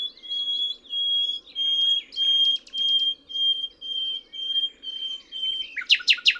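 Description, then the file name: Common nightingale singing a series of repeated sustained whistles with a burst of pulsed buzzy notes, ending with several sharp, loud strokes. "Luscinia megarhynchos"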